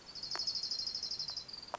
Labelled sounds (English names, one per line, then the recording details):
Orange-crowned Warbler
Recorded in Sonoma County, California